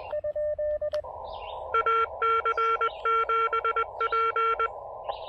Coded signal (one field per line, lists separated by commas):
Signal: Morse code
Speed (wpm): 20 wpm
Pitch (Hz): 1360 Hz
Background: none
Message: AC7P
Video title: Drive-Up Summit with Spectacular Views: A quick SOTA & POTA combo activation on Dogback Mountain!